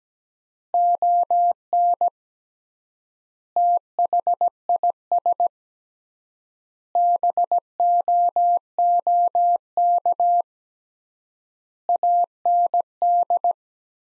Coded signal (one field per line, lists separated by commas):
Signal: Morse code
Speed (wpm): 17 wpm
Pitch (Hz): 700 Hz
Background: none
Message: ON THIS BOOK AND